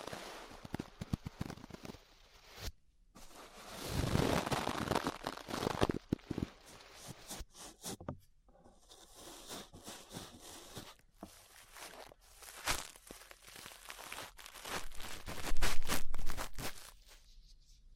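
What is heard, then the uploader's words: Ear brushing: dense, scratchy rustling strokes that come in uneven bursts, swelling loudest around four to six seconds and again near fifteen to sixteen seconds. Short silent gaps break the sound near three and eight seconds, and many quick crackly taps punctuate the softer passages. ASMR Relaxing 3Dio Ear Brushing (No Talking).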